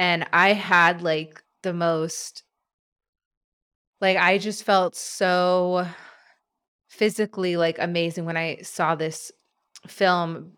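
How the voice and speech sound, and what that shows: An adult woman speaks in short bursts broken by long silent gaps, including a pause of over a second mid-phrase, with stretched sounds such as a drawn-out "so" and "I." These prolongations and silent blocks fit her stuttering, a lasting stutter she has carried into adulthood, which comes and goes rather than affecting every word.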